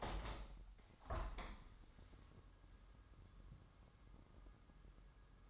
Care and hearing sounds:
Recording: daily activity, microphone in the room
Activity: open window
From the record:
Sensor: 3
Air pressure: 998.0 hPa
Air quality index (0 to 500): 146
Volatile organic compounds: 5 ppm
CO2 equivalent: 1740 ppm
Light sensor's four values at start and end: 14/40/16/15 and 14/40/16/15

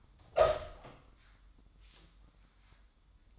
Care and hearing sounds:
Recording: daily activity, microphone in the room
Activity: open door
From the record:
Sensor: 3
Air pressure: 1004.8 hPa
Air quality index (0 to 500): 76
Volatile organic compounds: 2 ppm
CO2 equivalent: 1141 ppm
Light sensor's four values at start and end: 8/19/8/7 and 8/19/8/8

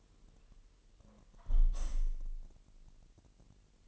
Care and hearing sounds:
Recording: daily activity, microphone in the room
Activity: close window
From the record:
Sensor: 4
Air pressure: 1000.8 hPa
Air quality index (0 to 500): 244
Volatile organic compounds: 41 ppm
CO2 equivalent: 3166 ppm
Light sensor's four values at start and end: 9/20/8/8 and 9/20/8/7

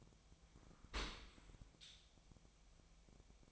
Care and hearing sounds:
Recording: daily activity, microphone in the room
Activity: open dishwasher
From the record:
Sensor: 1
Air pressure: 1006.7 hPa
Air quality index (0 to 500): 208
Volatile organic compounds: 24 ppm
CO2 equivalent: 2805 ppm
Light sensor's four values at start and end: 12/32/12/14 and 12/32/12/14

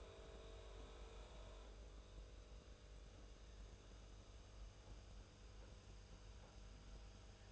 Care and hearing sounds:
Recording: daily activity, microphone in the room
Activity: make coffee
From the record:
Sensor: 2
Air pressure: 991.6 hPa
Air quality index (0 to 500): 187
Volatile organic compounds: 1000 ppm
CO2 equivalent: 6128 ppm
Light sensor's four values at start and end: 32/98/38/36 and 33/98/38/36

